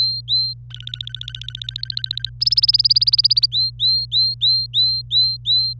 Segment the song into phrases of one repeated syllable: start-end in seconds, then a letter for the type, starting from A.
0.00-0.53 A, 0.71-2.29 B, 2.41-3.46 C, 3.52-5.73 A